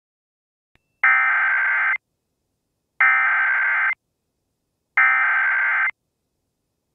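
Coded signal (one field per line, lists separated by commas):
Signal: Emergency Alert System (SAME) tones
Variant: header bursts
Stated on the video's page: Fictional EAS scenario made on request, about hackers taking over power plants.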